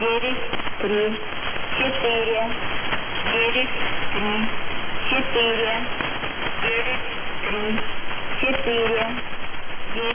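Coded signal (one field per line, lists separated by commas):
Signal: numbers station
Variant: S06s, Russian female voice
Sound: a female voice steadily repeats three digits, 9 3 4, over shortwave hiss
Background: radio static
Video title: S06s 11742 kHz Full Tx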